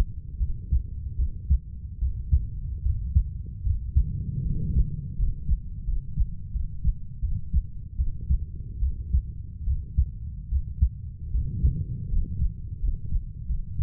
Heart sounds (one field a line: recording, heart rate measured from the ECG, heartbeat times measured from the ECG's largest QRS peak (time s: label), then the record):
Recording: heart sounds by stethoscope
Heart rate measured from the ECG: 78 bpm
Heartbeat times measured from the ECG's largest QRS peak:
0.38 s: heartbeat
1.16 s: heartbeat
1.99 s: heartbeat
2.83 s: heartbeat
3.63 s: heartbeat
4.43 s: heartbeat
5.16 s: heartbeat
5.85 s: heartbeat
6.51 s: heartbeat
7.20 s: heartbeat
7.96 s: heartbeat
8.80 s: heartbeat
9.64 s: heartbeat
10.49 s: heartbeat
11.31 s: heartbeat
12.09 s: heartbeat
12.80 s: heartbeat
13.46 s: heartbeat
From the record:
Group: healthy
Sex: female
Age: 32 years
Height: 168 cm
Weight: 61.9 kg